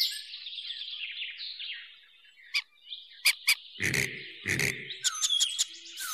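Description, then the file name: Bird calls: thin high chirps and a drawn-out warbling twitter, broken by sharp clicks and a couple of lower, harsher bursts. "Birds Frogs"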